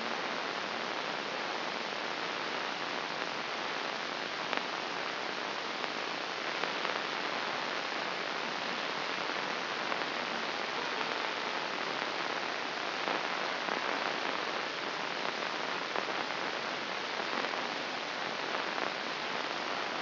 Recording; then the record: brain microelectrode recording played as sound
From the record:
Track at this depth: inside the subthalamic nucleus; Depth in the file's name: 3.129 mm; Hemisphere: left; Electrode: 3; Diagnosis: Parkinson's disease